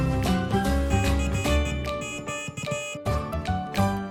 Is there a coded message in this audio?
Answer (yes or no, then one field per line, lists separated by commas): no